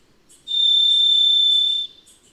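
Varied thrush song: a single long, steady, slightly burry whistle on one high pitch lasting over a second.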